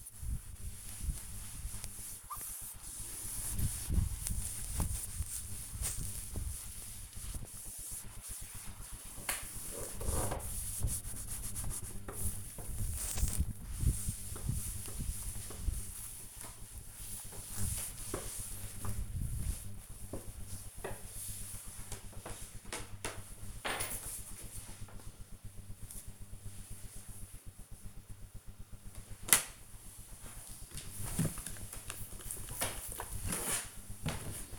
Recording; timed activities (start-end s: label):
household activities, microphone on the right wrist
0.00-19.19 s: window cleaning
28.28-34.59 s: cleaning table